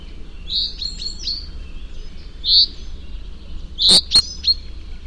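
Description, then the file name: Common chaffinch calls, a few high chirps with brief flicked notes and two sharp clicks, over faint steady hiss. "Fringilla coelebs"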